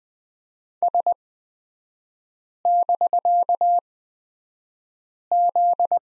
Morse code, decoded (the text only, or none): S<BK>Z